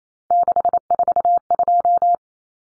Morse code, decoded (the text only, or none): 642